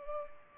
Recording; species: mosquito wingbeat signal from an infrared sensor; Culex pipiens